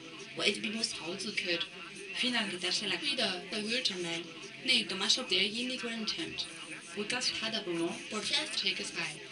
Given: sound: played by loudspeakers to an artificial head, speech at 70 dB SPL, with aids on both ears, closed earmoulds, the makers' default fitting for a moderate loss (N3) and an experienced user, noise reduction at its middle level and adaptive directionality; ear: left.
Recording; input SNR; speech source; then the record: speech test signal (ISTS) in cocktail-party noise; +9 dB; on the right (90 degrees)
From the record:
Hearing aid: class 2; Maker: B